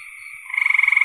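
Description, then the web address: Frog trill: a faint buzzy chorus gives way to a loud, fast pulsed rattle. "cn frogs"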